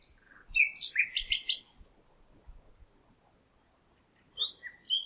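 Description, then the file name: Common nightingale singing a burst of bright, varied high notes in quick succession, a pause with faint low thumps, then a few more sharp whistled notes. "Luscinia megarhynchos"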